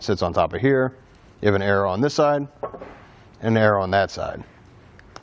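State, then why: Seated. Someone talks while a Rhino-Rack roof rack foot pad for a 2017 Kia Forte5 is lined up on its foot base with both arrows pointing outward and pushed together. Two short, sharp snaps are heard at 5.0 s and 5.2 s as the pad seats into place.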